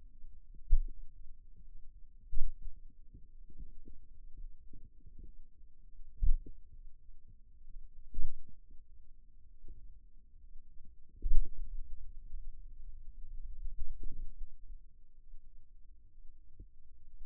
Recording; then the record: forearm muscle sounds (acoustic myography)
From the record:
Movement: finger pinch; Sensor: system 2, bracelet of six BSWA MPA416 microphones around the upper forearm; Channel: 1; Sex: male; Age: 22 years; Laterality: right